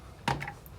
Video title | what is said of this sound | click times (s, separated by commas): Tips & Tricks for Creating Sketch #3 for the October 2020 Virtual Crop by Creative Memories | border cartridge which i'll slide into the housing unit till it clicks | 0.3 s